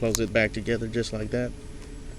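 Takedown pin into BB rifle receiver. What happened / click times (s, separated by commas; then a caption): Handled but not yet seated; no seating click is heard / none. Someone talks while handling a Crosman A4P full-auto BB rifle, about to push its takedown pin back into the receiver, with a faint low hum underneath after the talking stops. Nothing has seated or clicked yet.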